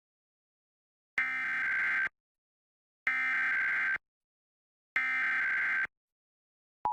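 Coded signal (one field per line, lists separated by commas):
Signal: Emergency Alert System (SAME) tones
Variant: header bursts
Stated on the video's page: EAS Required Monthly Test aired on a TV station during a commercial break.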